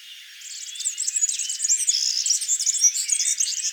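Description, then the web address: European serin song: a dense, very high, rattling jingle of rapid tinkling notes that starts after a brief quiet moment and runs to the end. "vogelstimmen girlitz gesang nabu lars lachmann"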